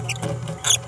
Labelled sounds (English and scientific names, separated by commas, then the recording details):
Green-rumped Parrotlet (Forpus passerinus) babbling
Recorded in a nest box in Venezuela
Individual 18B17A3